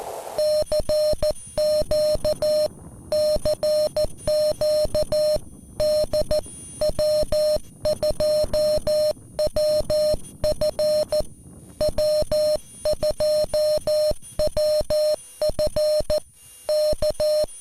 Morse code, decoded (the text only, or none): CQ CQ D W2WF W2WF K